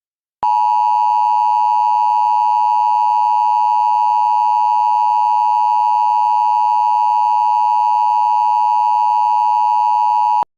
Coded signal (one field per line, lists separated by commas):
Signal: Emergency Alert System (SAME) tones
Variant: 853 and 960 Hz attention tone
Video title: (EAS SCENARIO) The Path to Nuclear War: The Beginning of Nuclear Disaster